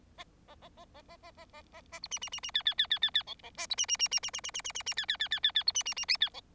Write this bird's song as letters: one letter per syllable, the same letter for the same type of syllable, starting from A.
A A A A A A A A A A B C C C C D D D D D D E E A B C C C C C C C C C C C D D D D D D B C C C